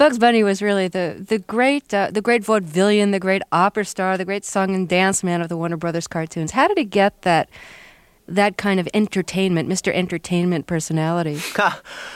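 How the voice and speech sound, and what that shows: Clear, fluent conversational speech from one adult asking about a cartoon character's entertainer persona; normal voice.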